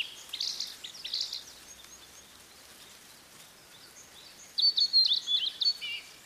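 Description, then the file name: Blue-and-white flycatcher song: a high, slurred warbling phrase, a pause, then a run of clear whistled notes that drop at the finish. "oruri"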